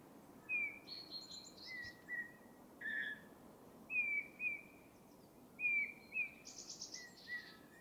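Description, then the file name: Eurasian bullfinch calls: clear, mellow piping whistles, each brief and gently descending, repeated about every second, with buzzy higher notes in between. "Pyrrhula pyrrhula"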